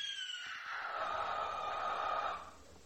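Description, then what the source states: Barn Owl screech: a long, harsh, hissing shriek held for over two seconds, then cutting off. White-faced owl that mainly eats mice, rats and voles; prefers very open habitat.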